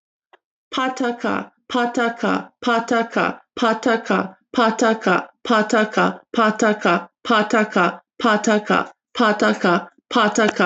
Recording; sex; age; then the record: repeated syllables /pa ta ka/; female; 20 to 29 years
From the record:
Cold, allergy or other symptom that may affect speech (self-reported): no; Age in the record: 28 years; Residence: Alabama, United States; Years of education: 13